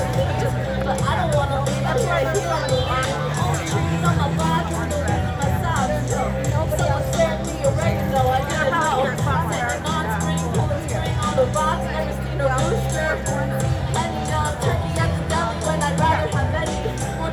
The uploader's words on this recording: A massive march to End Fossil Fuels took place in New York City. I roamed up and down the path of the march, taking photos and videos, attempting to document random moments from the march.